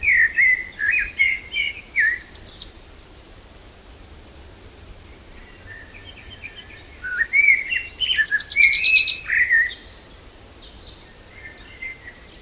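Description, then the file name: Common chaffinch singing: a run of chirpy notes, a long pause, then a fast trill dropping into a short terminal flourish, with soft chirps near the end. "Fringilla coelebs"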